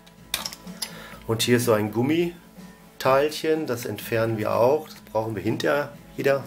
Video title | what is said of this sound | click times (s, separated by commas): Philips CD 304, neues Display Glas | Da löse ich den Clips einmal. Dann kann ich das hier sehr leicht rausziehen. | 0.3 s